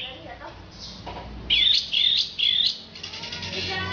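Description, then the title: Orange-headed thrush song with three loud rising phrases in quick succession, framed by softer scratchy notes. "Anis Merah"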